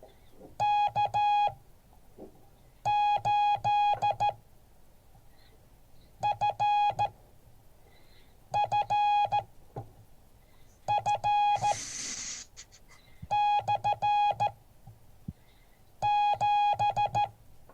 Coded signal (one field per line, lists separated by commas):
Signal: Morse code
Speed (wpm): 14 wpm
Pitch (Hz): 830 Hz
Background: music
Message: K8FFF/7